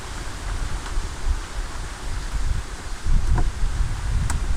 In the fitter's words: அவ்வளோதான் நண்பா. டிக்குன்னு ஒரு சவுண்டு கேட்கும், அதான் லாக் ஆகிற சவுண்ட்.